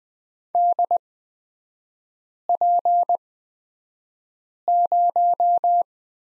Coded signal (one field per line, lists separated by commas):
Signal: Morse code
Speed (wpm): 20 wpm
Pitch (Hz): 700 Hz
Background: none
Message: DP0